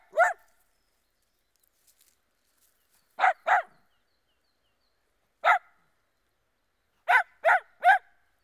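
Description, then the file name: Dachshund barking: a single sharp bark, then a quick pair, another lone bark, and a closing run of three yaps, with silence between bursts. Barking outdoors. "Digiffects Sound Effects Library - Dachshund Dog Barking Outdoors"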